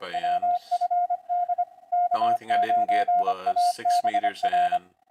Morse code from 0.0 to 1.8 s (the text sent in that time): WFD